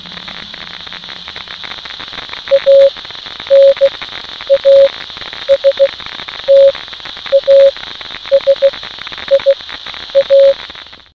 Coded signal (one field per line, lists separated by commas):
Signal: Morse code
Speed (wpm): 16 wpm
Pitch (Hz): 550 Hz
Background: radio noise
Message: ANASTASIA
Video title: Unturned - Morse Code from Military Radio in Subway (EDIT)